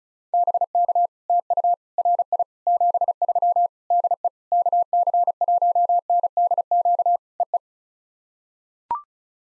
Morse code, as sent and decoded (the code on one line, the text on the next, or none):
-... -.- / - ..- / .-. .. / --... ...-- / -.. . / -.- -.-. .---- -. -.. --.- / . .
BK TU RI 73 DE KC1NDQ EE